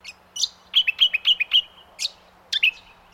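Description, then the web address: Brown honeyeater calling with bright, sharp chirps: a quick run of several clipped notes, then a few higher, squeaky notes after short pauses. "Sound Effects-Foundation 1 BIRD BROWN HONEY EATER CALL"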